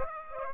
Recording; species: mosquito wingbeat signal from an infrared sensor; Aedes aegypti